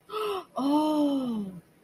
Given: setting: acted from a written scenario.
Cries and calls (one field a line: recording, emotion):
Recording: vocal sound without words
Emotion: realization